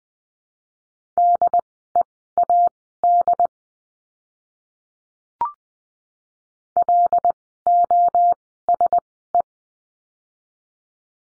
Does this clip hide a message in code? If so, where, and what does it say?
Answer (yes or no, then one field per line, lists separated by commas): yes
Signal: Morse code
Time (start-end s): 1.2-9.4 s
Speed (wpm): 20 wpm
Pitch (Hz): 700 Hz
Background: none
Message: DEAD LOSE